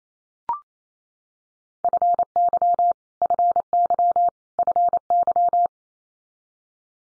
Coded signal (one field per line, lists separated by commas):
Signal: Morse code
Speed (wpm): 28 wpm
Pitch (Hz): 700 Hz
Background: none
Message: FY FY FY